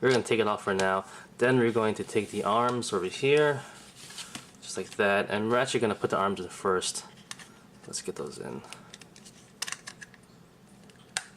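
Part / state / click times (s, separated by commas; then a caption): plastic figure arm into torso shoulder joint / seated / 11.2 s. Someone talks while handling a plastic action figure, removing the shoulder piece and pushing the first plastic arm of a build-a-figure Thanos into the torso's shoulder socket. Small handling taps come before a sharp snap at 11.2 s as the arm seats in the shoulder joint.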